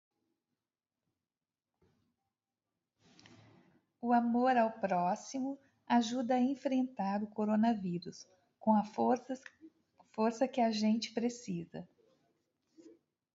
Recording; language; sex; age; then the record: spoken sentence; Brazilian Portuguese; female; 50 to 59 years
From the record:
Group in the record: control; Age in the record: 55 years